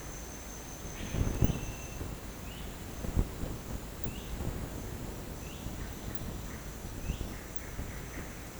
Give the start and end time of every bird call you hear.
[2.42, 2.68] bird call
[4.01, 4.36] bird call
[5.39, 5.71] bird call
[6.98, 7.23] bird call

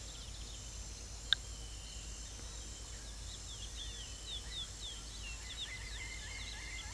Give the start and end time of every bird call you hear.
[3.06, 6.94] bird call

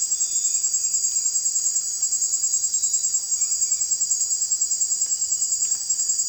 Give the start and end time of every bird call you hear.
[0.00, 1.30] bird call
[3.26, 4.08] bird call

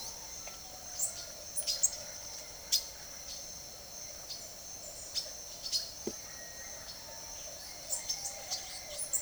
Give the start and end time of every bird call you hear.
[0.00, 2.89] bird call
[3.18, 6.84] bird call
[7.59, 9.21] bird call

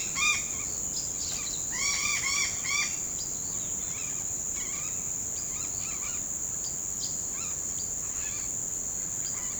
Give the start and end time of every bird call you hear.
[0.00, 2.88] bird call
[3.14, 6.25] bird call
[6.60, 8.53] bird call
[9.05, 9.59] bird call

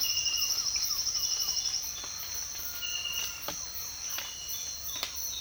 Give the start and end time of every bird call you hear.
[0.23, 1.57] bird call

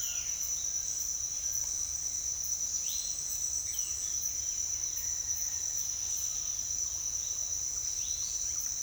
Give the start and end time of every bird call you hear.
[2.73, 3.35] bird call

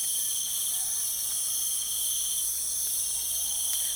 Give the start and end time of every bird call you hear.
[0.00, 1.06] bird call

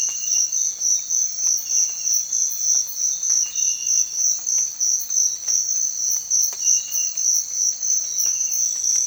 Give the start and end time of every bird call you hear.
[1.93, 3.24] bird call
[7.28, 9.06] bird call

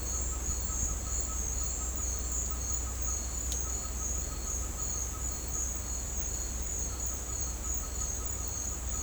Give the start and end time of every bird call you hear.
[0.00, 5.71] bird call
[6.74, 9.03] bird call

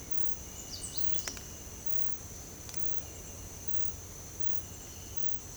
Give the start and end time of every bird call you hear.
[0.60, 1.40] bird call

